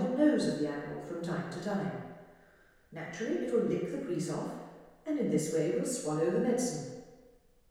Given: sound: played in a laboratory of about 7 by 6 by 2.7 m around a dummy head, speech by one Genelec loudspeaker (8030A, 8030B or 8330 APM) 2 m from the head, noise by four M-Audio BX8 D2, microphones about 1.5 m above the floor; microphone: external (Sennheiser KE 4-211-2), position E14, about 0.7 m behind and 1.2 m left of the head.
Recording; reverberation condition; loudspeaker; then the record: female speech in English; high; 30 degrees to the left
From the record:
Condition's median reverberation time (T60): about 1300 ms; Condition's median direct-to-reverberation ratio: about -4.0 dB